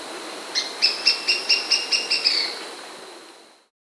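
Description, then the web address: Plumbeous-crowned tyrannulet song: a quick series of about nine short, high, thin notes, evenly spaced and slightly fading, with a faint steady hiss behind. South America. "Natures Songs S America Plumbeous-Crowned Tyrannulet"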